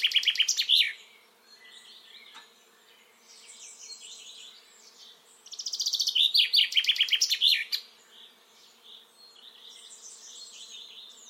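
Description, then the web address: Common chaffinch singing, the tail of one phrase at the start and a full rattling phrase about six seconds in, with a background chatter of other birds between them. "Deverinetal 2025 File origin Bird Only Fr Co"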